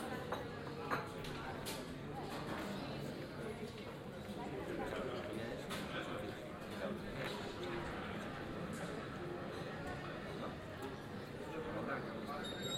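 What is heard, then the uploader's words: A town plaza hums with steady overlapping voices and chatter, with scattered clinks and sharp knocks, including a clear tap near one second. Mondoñedo Square. In Situ Season 1 episodes are 5 minutes of ambient sound recorded along del Norte, the northern coastal route of the Camino de Santiago network of pilgrimage paths converging in Spain. These tiny meditations are made with binaural microphones, creating an immersive hyper-realistic listening experience.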